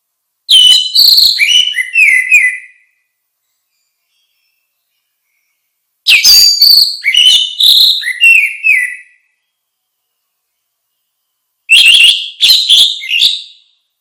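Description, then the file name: Orange-headed thrush song in three separate phrases, each a quick run of sweet, varied whistles and twittering notes lasting about two to three seconds, with silent pauses between. "suara kicau burung anis merah"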